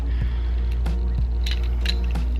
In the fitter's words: see just snap right over there we go and